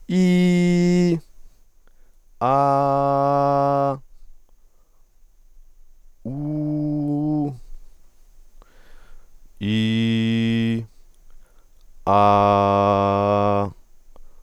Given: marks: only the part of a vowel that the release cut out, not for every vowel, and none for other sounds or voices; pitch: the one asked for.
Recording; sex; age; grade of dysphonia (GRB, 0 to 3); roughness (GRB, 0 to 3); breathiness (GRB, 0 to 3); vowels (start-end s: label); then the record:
sustained vowels; male; 20 to 29 years; 0; 0; 0
0.29-1.08 s: vowel /i/, high pitch
2.65-3.85 s: vowel /a/, high pitch
6.40-7.44 s: vowel /u/, high pitch
9.77-10.71 s: vowel /i/, low pitch
12.39-13.59 s: vowel /a/, low pitch
From the record:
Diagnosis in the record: healthy voice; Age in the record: 22 years